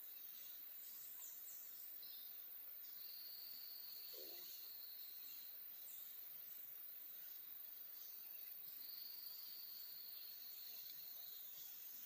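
Atlantic tropical forest ambience: a steady high insect hiss with long, shrill buzzing trills around three and nine seconds and one brief low call.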